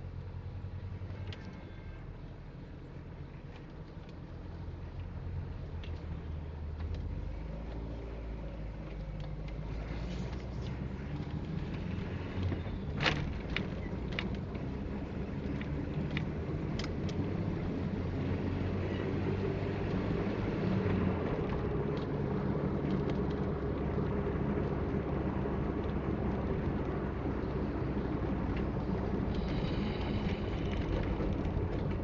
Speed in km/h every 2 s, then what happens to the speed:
0, 0, 1, 7, 15, 24, 28, 35, 41, 46, 46, 45, 43, 41, 37, 35.
0-4 standing. 4-19 pulls away to 46. 19-32 slows to 35.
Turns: none.